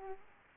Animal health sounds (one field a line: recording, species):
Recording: mosquito wingbeat signal from an infrared sensor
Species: Aedes aegypti